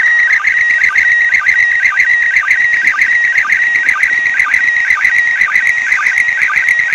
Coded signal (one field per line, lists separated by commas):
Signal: SSTV (slow-scan television)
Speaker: I'm gonna show you how I do a slow scan TV from the ISS so I did a couple passes over the weekend use it my HT ham radio and my arrow antenna and I just saved the recording